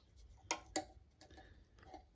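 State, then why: Seated. A small hinged metal fuel-filler lid on the font of an early 1900s Dietz Pioneer kerosene street lamp is closed. It snaps shut with a sharp, bright click at 0.5 s, followed by a second strong tick at about 0.8 s and fainter small taps afterward. The lid is confirmed seated.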